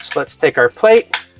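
Someone talks while handling the white plastic cover plate of a Trendi 2-gang 13 amp plug socket in Ice White (ART-SKT213LWH), about to push it back onto the socket. Nothing has seated or clicked yet.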